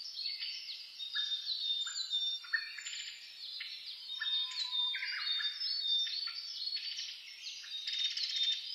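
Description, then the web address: Lively bird chorus with high twitters over lower chirped notes and a few louder sharp calls. Dawn chorus (reimei) of birdsong (saezuri), recorded on 10 May 2010 at 04:01 with a DH-D50 recorder. "sounds data 2010 reimei DH-D 50-saezuri-20100510-0401"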